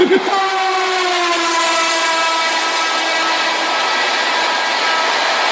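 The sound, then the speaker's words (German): A train rumbles by with a loud, sustained horn blast that holds a steady chord for several seconds before fading into the continuous roar of the passing cars. “I like trains.”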